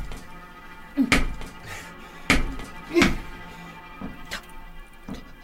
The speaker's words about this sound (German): Da klopft was. Geister, Miss Sophie, schnell weg hier.